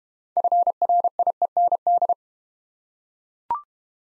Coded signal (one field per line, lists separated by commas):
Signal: Morse code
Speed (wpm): 32 wpm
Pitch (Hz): 700 Hz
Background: none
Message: FRIEND